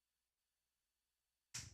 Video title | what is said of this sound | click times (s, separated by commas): [18+] 👺 BUILD-A-GUNDAM 👺 RG Shining Gundam 👺 Which Country In Asia Is In Your Bucket List? 👺 | There we go. Oh, it clicked. Okay, I heard it. I heard it click. | 1.6 s